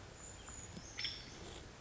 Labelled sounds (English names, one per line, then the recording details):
Brown Creeper
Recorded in Sonoma County, California